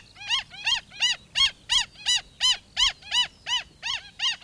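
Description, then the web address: Black stilt calling, a quick regular run of about a dozen shrill yapping notes, each note slightly arched and nasal. "bird-song black-stilt"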